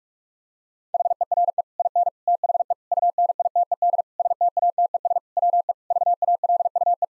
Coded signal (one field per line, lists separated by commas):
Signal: Morse code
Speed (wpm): 43 wpm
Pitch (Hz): 700 Hz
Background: none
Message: HERE IN THE UNITED STATES WE VALUE